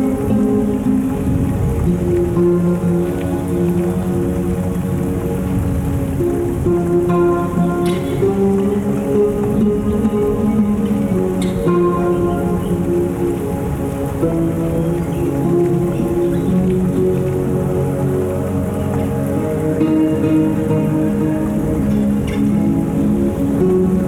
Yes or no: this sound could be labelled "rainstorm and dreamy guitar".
yes